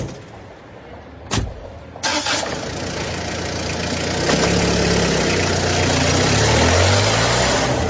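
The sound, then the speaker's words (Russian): A sharp thump, then the engine of an old RAF minibus (Rafik) cranks and catches, settling into a loud, rattling run whose low hum rises in pitch as it revs. “Подскакивая на ухабах и отчаянно дребезжа металлическими внутренностями, Рафик поехал вперед.”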